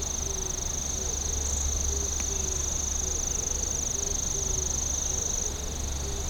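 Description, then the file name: Insect song: a bright, continuous high trill that stops near the end. Soft low pulses repeat below it over a steady background rumble. "singing of insect"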